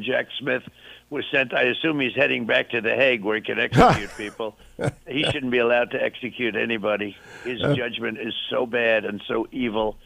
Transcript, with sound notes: And Jack Smith was sent, I assume he’s heading back to the Hague where he can execute people. (laughing) He shouldn’t be allowed to execute anybody. His judgment is so bad and so evil.